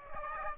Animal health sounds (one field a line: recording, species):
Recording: mosquito wingbeat signal from an infrared sensor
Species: Aedes aegypti